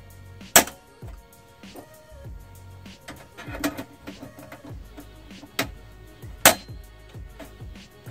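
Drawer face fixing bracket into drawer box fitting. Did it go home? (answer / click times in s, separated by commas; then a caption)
yes / 0.6 s, 6.5 s. Drawer-face fixing brackets for bamboo drawer faces are pressed into their seats on the drawer box of aluminum cabinetry in a DIY Sprinter camper van. Two sharp, loud snaps mark the brackets popping into place at 0.6 s and 6.5 s, with softer knocks and handling noise between them over faint steady background tones. Both brackets end up seated.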